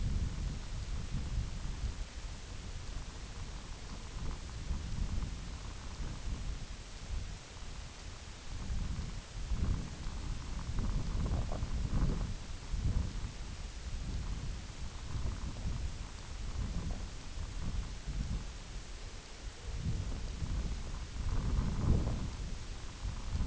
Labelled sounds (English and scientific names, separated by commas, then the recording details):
none
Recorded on Arctic tundra, site IGLO-F, on 22 June 2018
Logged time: 04:00